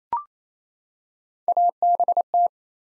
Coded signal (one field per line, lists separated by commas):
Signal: Morse code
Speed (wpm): 28 wpm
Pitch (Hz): 700 Hz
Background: none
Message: ABT